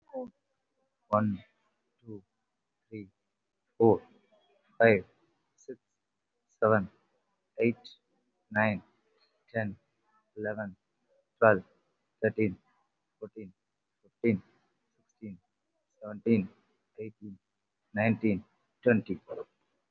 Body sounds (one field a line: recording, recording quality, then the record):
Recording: counting at a normal pace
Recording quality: excellent, no background noise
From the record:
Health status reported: COVID-19 positive, mild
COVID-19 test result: positive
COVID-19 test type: RT-PCR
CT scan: taken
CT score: 0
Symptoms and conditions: cough, cold, sore throat, fever, fatigue, muscle pain, diarrhoea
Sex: male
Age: 47 years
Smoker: no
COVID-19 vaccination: one dose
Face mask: worn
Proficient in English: yes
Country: India